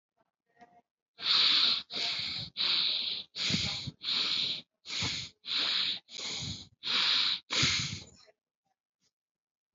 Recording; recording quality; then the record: shallow breathing; excellent, no background noise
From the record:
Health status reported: COVID-19 positive, moderate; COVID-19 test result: positive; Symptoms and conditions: breathing difficulty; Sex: male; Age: 53 years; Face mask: worn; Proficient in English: no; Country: India